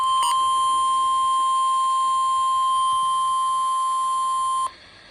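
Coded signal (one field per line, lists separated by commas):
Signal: Emergency Alert System (SAME) tones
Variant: 1050 Hz attention tone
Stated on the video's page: Severe thunderstorm warning received on NOAA Weather Radio.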